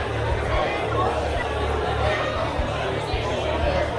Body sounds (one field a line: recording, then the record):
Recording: background sound without coughing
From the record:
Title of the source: CITY SOUNDS Busy Bar in the Evening Night - 2 HOURS of Ambiance for Relaxation